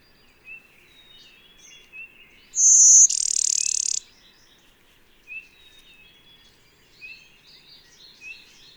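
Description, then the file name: Blue-winged warbler singing one two-part phrase: a pure, very high note, then a rough buzzing second note, set against soft scattered chirps from other birds. "Blue-winged Warbler - Vermivora cyanoptera"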